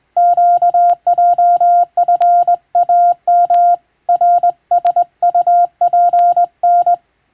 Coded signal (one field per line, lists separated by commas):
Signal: Morse code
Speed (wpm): 20 wpm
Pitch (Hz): 700 Hz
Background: none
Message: QJFAM RSUPN